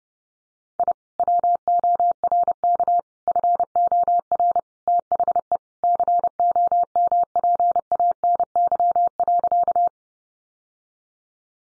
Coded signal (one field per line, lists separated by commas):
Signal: Morse code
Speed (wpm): 30 wpm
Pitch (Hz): 700 Hz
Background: none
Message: I WORK FOR THE COMPANY.